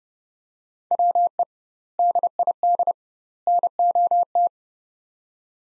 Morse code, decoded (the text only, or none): WE DID NOT